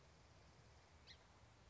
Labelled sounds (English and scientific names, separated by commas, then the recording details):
House Finch (Haemorhous mexicanus)
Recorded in Sonoma County, California